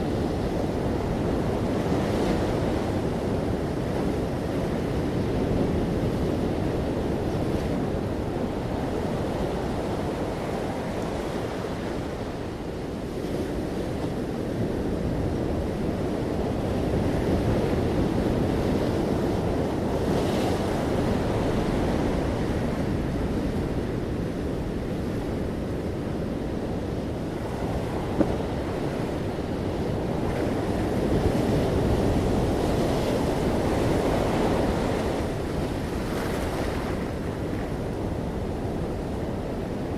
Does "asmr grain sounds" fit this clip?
no